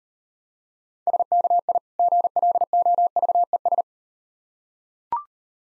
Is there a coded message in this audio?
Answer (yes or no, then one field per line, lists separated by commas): yes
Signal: Morse code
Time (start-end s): 1.1-3.8 s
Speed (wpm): 38 wpm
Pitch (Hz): 700 Hz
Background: none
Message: SKI GLOVES